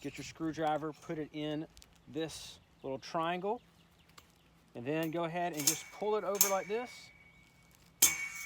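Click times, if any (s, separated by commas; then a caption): 8.0 s. Someone talks while a screwdriver is put through the end loop of a tensioned steel trampoline spring and used as a lever to pull it over. At 8.0 s a loud metallic clang rings out as the spring's hook seats in the hole of the metal trampoline frame.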